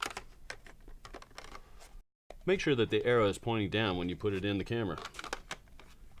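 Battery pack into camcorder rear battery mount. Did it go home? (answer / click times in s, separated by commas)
yes / 5.5 s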